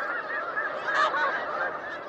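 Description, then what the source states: Snow Goose / Ross's Goose: white geese in a dense honking chorus, many overlapping nasal calls forming a continuous clamor. Wintering flock of snow and Ross's geese, December, national wildlife refuge in New Mexico; pre-dawn honking grows louder and tension rises before the flock takes off.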